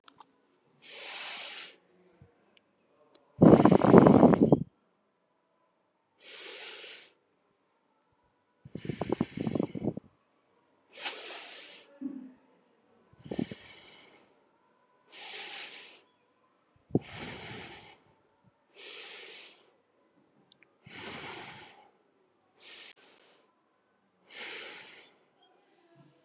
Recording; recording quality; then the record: deep breathing; excellent, no background noise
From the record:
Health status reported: exposed to COVID-19, no respiratory illness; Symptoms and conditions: none ticked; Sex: male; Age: 25 years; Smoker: not ticked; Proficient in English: yes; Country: India